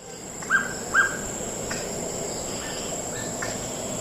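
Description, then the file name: Hooded pitta double whistle, two short whistled notes half a second apart over steady background hiss, followed by fainter similar notes. "pitta sordida"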